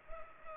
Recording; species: mosquito wingbeat signal from an infrared sensor; Culex pipiens